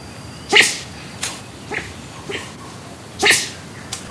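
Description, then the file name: Silky sifaka giving sharp, sneezing zzuss calls, six short noisy bursts spaced irregularly about half a second to a second apart, the first and fifth loudest. Call type named zzuss. "Propithecus candidus - zzuss"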